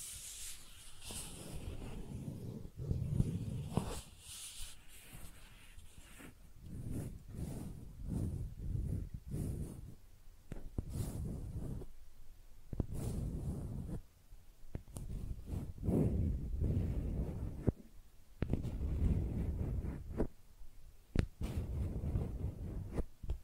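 Makeup tapping and scratching sounds: soft irregular taps and rustly scrapes in uneven bursts, mostly low and muffled, with occasional sharp clicks.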